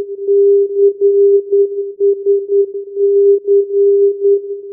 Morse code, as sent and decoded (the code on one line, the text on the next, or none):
-.-. ... -.-.
CSC